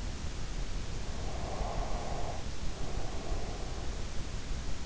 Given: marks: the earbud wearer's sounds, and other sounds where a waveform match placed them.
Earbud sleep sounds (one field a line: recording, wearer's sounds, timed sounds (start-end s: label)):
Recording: sounds in sleep by an in-ear microphone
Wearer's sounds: breath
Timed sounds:
0.96-4.35 s: breath